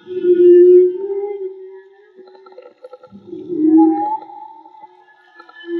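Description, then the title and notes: Whale moans: a tonal moan sliding slightly, a pause with faint pulses, then a second moan rising into a higher tone. Whale song; field recording made with DIY hydrophones, audio cleaned afterwards. "CANTO DE BALLENAS MAGMA. Grabación de campo y construcción dehidrofonos DIY: Jorge Barco. Limpieza de audio: Santiago Minotas"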